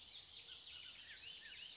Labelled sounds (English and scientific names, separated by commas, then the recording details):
Bullock's Oriole (Icterus bullockii)
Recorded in Sonoma County, California